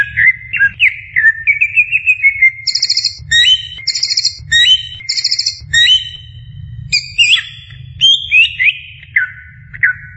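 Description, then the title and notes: Greater green leafbird song, a varied run of clear whistled phrases broken by rapid buzzy high trills, with steady low hum beneath. Champion songbird. "Kicau Burung Cucak Ijo Juara. Suara kicauan burung cucak ijo"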